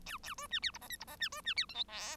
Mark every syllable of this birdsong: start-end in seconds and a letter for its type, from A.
0.06-0.18 A, 0.23-0.34 A, 0.37-0.47 B, 0.50-0.59 C, 0.62-0.71 D, 0.73-0.78 E, 0.81-0.88 F, 0.89-0.96 G, 1.00-1.05 E, 1.07-1.16 F, 1.19-1.29 C, 1.31-1.41 B, 1.44-1.54 C, 1.56-1.66 D, 1.68-1.74 H, 1.74-1.84 I, 1.88-2.16 J